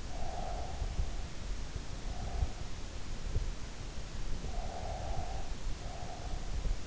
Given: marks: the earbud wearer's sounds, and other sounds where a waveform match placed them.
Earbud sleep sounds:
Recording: sounds in sleep by an in-ear microphone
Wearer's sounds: breath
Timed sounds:
0.09-3.00 s: breath
3.97-6.87 s: breath

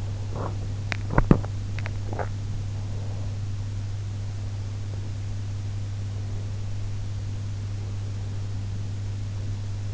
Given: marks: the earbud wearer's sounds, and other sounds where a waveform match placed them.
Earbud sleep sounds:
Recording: sounds in sleep by an in-ear microphone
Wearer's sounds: teeth grinding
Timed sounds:
0.00-2.51 s: teeth grinding

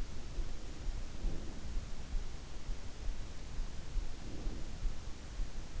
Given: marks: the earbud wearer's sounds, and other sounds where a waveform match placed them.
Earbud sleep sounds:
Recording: sounds in sleep by an in-ear microphone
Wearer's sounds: breath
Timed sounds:
0.84-1.84 s: breath
4.00-4.97 s: breath

